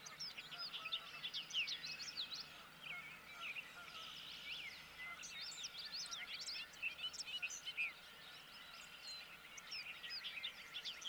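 Bobolink song: a faint, continuous jumble of quick, tinkling, bubbly notes, steady throughout over a soft background hiss.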